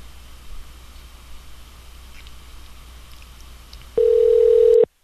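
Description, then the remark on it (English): A few seconds of faint hiss and low line noise give way to a loud, steady telephone dial tone as a callback is placed, holding evenly for under a second before cutting off abruptly. “Kick a callback.”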